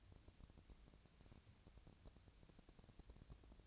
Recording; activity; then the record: daily activity, microphone in the room; take from stove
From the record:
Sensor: 2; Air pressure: 999.8 hPa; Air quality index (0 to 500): 120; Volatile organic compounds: 2 ppm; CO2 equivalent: 1042 ppm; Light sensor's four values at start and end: 35/85/37/42 and 35/85/37/42